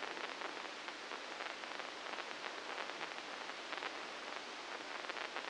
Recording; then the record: brain microelectrode recording played as sound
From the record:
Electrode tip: inside the subthalamic nucleus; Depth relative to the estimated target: -4 mm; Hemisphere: right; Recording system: NeuroSet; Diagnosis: Parkinson's disease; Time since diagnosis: 9 years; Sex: female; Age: 51 years